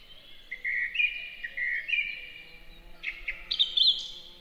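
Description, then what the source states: Song thrush with a brief burst of song: a repeated whistled note, then higher sharp notes at the end, over a faint background hum. Sung in a forest in spring.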